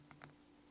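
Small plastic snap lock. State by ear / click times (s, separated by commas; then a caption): seated / 0.1 s, 0.2 s. The small half of a two-part plastic barrel cord lock on a paracord zipper pull is pressed closed into the larger half over the tucked cord. Two sharp, short clicks sound at 0.1 s and 0.2 s as the little side hooks catch. The lock is seated shut.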